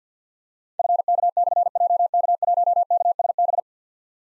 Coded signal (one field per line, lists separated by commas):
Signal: Morse code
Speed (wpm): 51 wpm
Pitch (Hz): 700 Hz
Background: none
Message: FK/JK1KSB